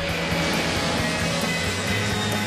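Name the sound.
airplane flying past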